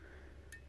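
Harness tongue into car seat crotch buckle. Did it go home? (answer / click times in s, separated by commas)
yes / 0.5 s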